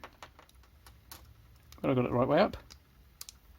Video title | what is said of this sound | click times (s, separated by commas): Crimping electrical connections PROPERLY unlike so many other videos. | you hear that click that's in | 3.2 s, 3.3 s